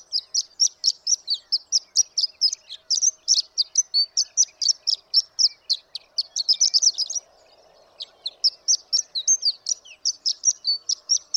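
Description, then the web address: Horned lark pouring out a fast, high, tinkling song, stopping for about a second midway before resuming at the same rapid pace. "birdsongforthecurious Horned Lark"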